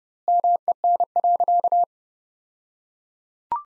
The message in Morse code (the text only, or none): MEN.